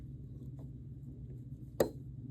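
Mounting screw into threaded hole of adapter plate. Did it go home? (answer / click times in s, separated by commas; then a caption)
yes / 1.8 s. A mounting screw is turned backwards (counter-clockwise) in the threaded hole of a CHPWS adapter plate until its thread drops into its start. Over a low, steady background hum, a single sharp click sounds at 1.8 s as the thread clicks over into its start, and the screw is seated.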